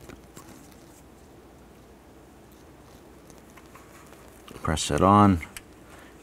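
On a 1993–1997 Ford Ranger, the electrical wiring connector is lined up on the new crankshaft position sensor before being pressed on, with small handling and contact noises around 0.1 s, 0.4 s and 4.5 s. Someone talks near the end. The connector has not been pressed on yet, and nothing has clicked or seated.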